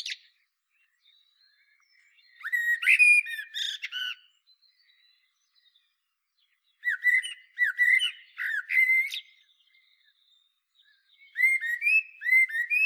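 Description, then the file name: Common blackbird song: three warbling, fluty phrases with high squeaky twitters, separated by pauses of two to three seconds, the last cut off. "Turdus merula"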